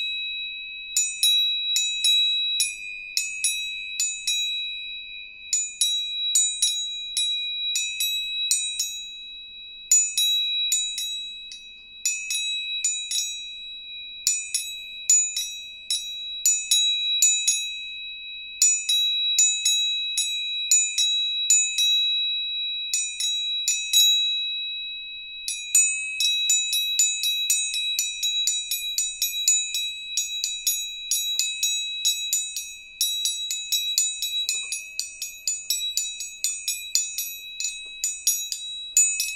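Tuning forks ring with a steady, pure high tone that holds throughout, a second fainter tone above it. Over this come rapid bright metallic taps in short bursts separated by brief pauses, growing denser and nearly continuous after about 25 seconds.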